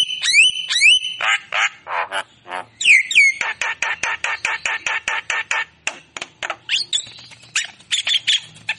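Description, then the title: Javan myna song: a few loud whistled notes with harmonics, then a long run of rapid harsh chattering notes and squeaks. Javan myna singing prolifically, song with imitations of magpie-robin, green leafbird and lovebird; recording used as tutor and lure audio for songbirds. "Kicauan Jalak Kebo Gacor Istimewa isian Murai Cucak Ijo Lovebird"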